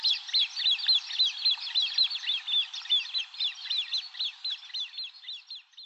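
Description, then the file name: Great crested grebe calling in a rapid series of high, sharp chattering notes, steady throughout and fading slightly at the end. Recorded in Aomori, Japan, on 15 June 2013. "kanmurikaitsuburi aomori kuroda"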